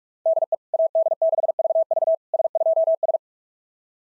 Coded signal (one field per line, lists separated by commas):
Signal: Morse code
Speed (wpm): 44 wpm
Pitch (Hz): 660 Hz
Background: none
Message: DE AD6VV S2S